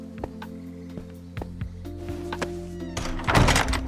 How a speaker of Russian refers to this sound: Дверь с лязгом гостеприимно распахнулась.